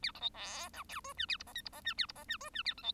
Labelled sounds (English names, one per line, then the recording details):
Bengalese Finch song
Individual Bird1